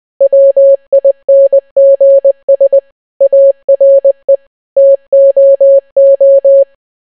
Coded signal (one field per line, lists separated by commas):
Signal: Morse code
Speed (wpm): 20 wpm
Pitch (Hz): 550 Hz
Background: none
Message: WINGS ARE TOO